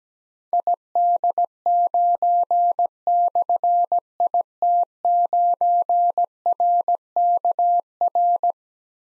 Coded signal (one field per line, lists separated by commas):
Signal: Morse code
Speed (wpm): 17 wpm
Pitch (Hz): 700 Hz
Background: none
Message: ID9/IT9RKR